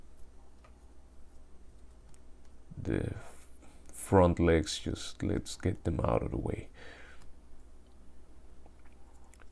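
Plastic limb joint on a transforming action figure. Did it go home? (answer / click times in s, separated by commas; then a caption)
yes / 9.3 s. A part of a plastic Transformers Studio Series Ravage figure is folded all the way round, with small plastic ticks and handling while someone talks. The limb joint clicks sharply into place at 9.3 s and is locked.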